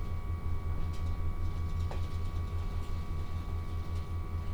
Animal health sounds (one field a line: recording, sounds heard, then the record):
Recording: poultry house recording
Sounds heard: no chicken sound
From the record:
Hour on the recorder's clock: 14